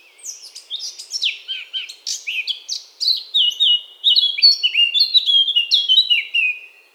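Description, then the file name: Eurasian blackcap song: a steady, varied twitter that swells into loud, pure, downslurred whistles over about seven seconds. "Sylvia atricapilla"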